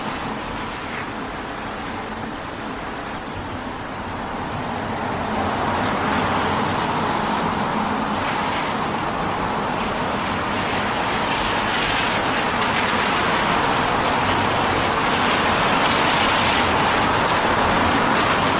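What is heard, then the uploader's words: Rain hisses steadily during a walk around the neighborhood, thickening after five seconds, with a low rumble of passing traffic underneath. Long Walk In The Rain Around The Neighborhood.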